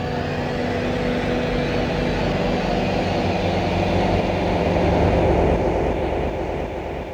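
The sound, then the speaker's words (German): A Galaxy Express train pulls away with a steady, heavy rumble and faint humming tones, swelling gradually before easing slightly at the end. No voices are heard. “Die Leute stiegen mit ihren persönlichen Träumen in die Züge.”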